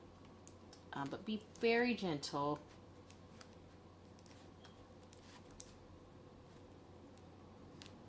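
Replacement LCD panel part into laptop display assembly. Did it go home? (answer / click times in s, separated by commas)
no / none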